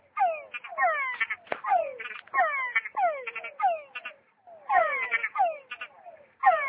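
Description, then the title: Frog calls, fast downward-sweeping chirped notes in series with short pauses, and one sharp click. "tabogaÂ´s frog"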